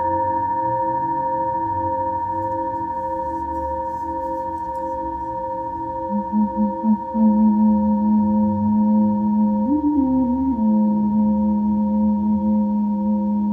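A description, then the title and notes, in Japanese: A singing bowl rings with a steady, sustained hum, several pure tones layered from low to mid-high and holding without fading. Around six to seven seconds a wobbling pulse enters as the bowl is rubbed, then a brighter tone swells, bends briefly near ten seconds, and settles. メキシコから シンギングボウルのサウンドヒーリング。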